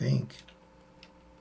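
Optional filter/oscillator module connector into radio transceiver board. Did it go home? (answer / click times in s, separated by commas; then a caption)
no / none. Someone talks while pressing the connector of a small optional plug-in module, the YF-122C Collins filter or the TCXO-9 reference oscillator, onto its header on the board inside an FT-857 HF transceiver. Only a faint brief tick is heard at 1.0 s. Nothing has seated or clicked yet.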